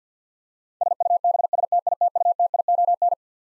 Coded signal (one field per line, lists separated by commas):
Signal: Morse code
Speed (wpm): 50 wpm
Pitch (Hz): 700 Hz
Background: none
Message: SUBSTITUTION